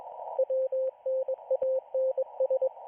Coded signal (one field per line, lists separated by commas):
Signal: Morse code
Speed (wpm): 21 wpm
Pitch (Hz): 520 Hz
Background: radio noise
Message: WNANS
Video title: Israeli Navy Radiostation 4XZ (Morse Code)